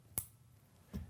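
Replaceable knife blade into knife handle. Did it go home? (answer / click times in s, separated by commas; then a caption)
yes / 0.2 s. A replaceable steel knife blade is slid back into the receiver of a lightweight hunting knife handle until it locks. A single sharp, bright click sounds at 0.2 s, followed by a softer, low thump near 1.0 s. The blade is seated and locked in the handle.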